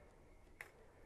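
A second new SO-DIMM memory module is inserted straight into the RAM slot of a Dell XPS 15 9550 laptop and pushed down until the side clips snap. A single sharp click sounds at 0.6 s over a quiet background, and the module is seated.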